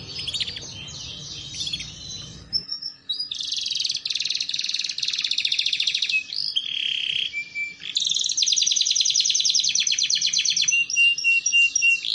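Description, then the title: Canary song over a hissing start, then loud buzzy trills alternating with steadier whistled notes. Belgian canary song played to warm up, lure and train canaries, a master song for young canaries learning to sing. "Canto Para Esquentar Canário Belga. Terapi Pancingan Suara Kenari Gacor || Masteran Kenari Paud Belajar Bunyi"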